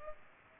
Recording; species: mosquito wingbeat signal from an infrared sensor; Culex pipiens